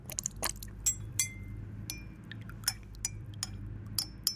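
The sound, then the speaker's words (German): Cups of tea clink together in a toast: a scattered series of sharp, bright taps, several ringing briefly with a high glassy tone, over a soft low hum with no voices. “Prost. Prost.”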